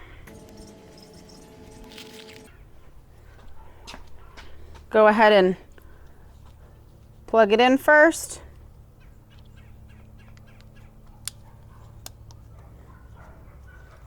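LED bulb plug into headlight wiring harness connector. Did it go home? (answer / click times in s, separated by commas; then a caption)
yes / 11.3 s. Someone talks while plugging the LED headlight bulb's wiring connector into the headlight harness of a 2011-2015 Chevy Cruze LS 1.8, before the bulb goes into the housing. A sharp click at 11.3 s marks the connector seating, followed by a fainter tick at 12.1 s, against a low steady hum.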